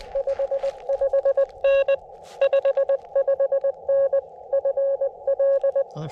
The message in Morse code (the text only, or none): 55N 55N FL